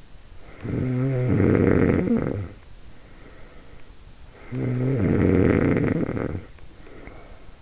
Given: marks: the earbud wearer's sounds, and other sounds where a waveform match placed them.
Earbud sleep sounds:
sounds in sleep by an in-ear microphone; snoring breath
0.24-4.01 s: snoring breath
4.30-7.61 s: snoring breath

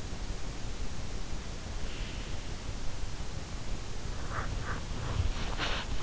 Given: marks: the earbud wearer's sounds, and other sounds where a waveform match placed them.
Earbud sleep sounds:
sounds in sleep by an in-ear microphone; teeth grinding
4.16-6.01 s: teeth grinding

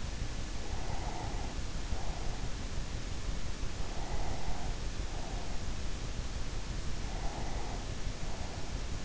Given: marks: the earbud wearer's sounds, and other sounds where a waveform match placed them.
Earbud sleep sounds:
sounds in sleep by an in-ear microphone; breath
0.57-2.91 s: breath
3.63-5.74 s: breath
6.77-9.05 s: breath

